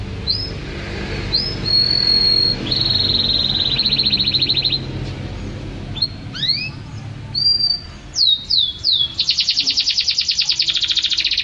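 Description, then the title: Canary song mixing sustained high whistles, buzzy rolls and rising slurred notes, ending in a long, rapid, rattling trill; low background rumble underneath. "Kenari"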